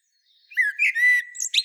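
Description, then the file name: Common blackbird song phrase: a few low, mellow fluted notes with a drawn-out whistle, closing in a brief high squeaky twitter. "Turdus merula"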